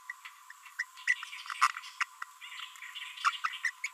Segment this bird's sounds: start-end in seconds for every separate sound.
0.10-0.12, 0.79-0.83, 1.07-1.14, 2.01-2.03, 3.25-3.30, 3.44-3.57, 3.64-3.70, 3.84-3.87